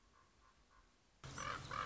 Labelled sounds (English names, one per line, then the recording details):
Common Raven
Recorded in Sonoma County, California